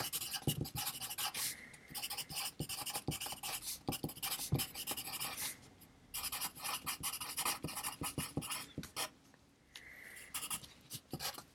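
Bright pencil scratching in dense bursts over a steady hiss of background noise, with sharp clicks of keys or a mouse scattered throughout. The writing pauses briefly near two, six and ten seconds, leaving softer clicks and the hiss.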